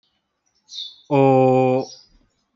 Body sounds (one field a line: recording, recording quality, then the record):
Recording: sustained vowel as in boot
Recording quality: excellent, no background noise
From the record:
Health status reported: healthy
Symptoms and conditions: diabetes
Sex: male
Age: 40 years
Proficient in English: yes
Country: India